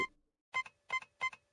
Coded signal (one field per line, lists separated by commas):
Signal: none